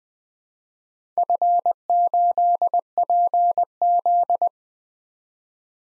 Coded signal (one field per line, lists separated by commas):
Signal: Morse code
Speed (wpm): 20 wpm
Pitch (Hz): 700 Hz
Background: none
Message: F8PZ